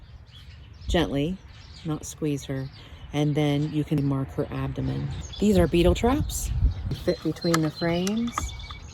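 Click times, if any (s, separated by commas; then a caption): none. Someone talks while a plastic small hive beetle trap is handled over the gap between two wooden beehive frames, ready to be pushed down between them. Nothing has seated or clicked yet; the clip ends before the trap snaps into place.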